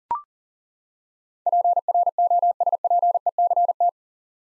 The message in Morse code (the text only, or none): PROSPECT